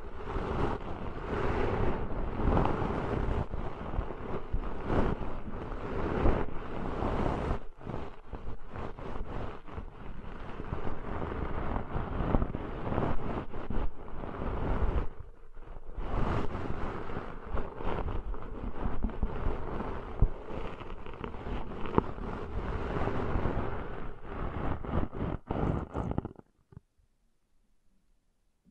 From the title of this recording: Deep 3D Ear Cleaning Intense & Realistic